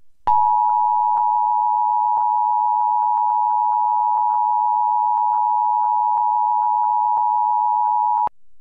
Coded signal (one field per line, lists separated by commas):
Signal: Emergency Alert System (SAME) tones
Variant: 853 and 960 Hz attention tone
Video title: EAS: NPT 2023